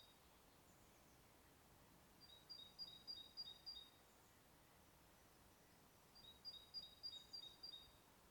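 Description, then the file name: Great tit: two runs of about five high, paired clear notes, each run lasting under two seconds, over steady faint background noise. "Parus major"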